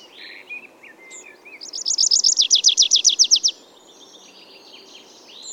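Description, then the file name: Tree pipit song building from soft notes into a steady, rapidly repeated high trill, with other faint bird calls around it and a low background hum. "Ruud van Beusekom - Lesnoj konyok Anthus trivialis"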